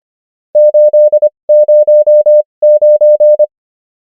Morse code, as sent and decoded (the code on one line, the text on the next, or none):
---.. / ----- / ----.
8 0 9